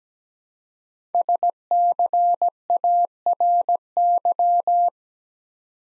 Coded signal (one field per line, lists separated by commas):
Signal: Morse code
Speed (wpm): 17 wpm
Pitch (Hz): 700 Hz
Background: none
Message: SCARY